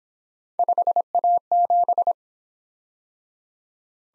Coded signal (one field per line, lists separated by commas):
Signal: Morse code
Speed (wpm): 26 wpm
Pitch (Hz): 700 Hz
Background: none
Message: 5A7